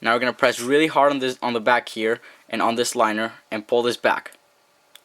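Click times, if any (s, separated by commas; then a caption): none. During reassembly of a Benchmade/WARN Barrage folding knife, someone talks while the manual lock is pushed down and hard pressure goes on the back of the pivot and the liner to pull the steel blade back toward its liner retaining spring. Nothing has clicked or seated yet when the clip ends.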